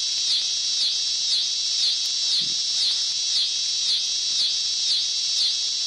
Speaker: type of cicada called the dog day cicada, which is very well known for some of the sounds it produces.